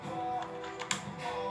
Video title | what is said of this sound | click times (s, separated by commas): Unboxing Nintendo switch Zelda | Ouais, c'est propre. Ça fait un bon bruit. | 0.8 s, 0.9 s